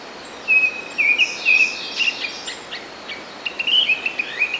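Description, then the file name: Japanese thrush song: clear whistled notes and short slurred phrases with thin high notes woven between, delivered in quick bursts over a faint steady hiss. "kurotugumi"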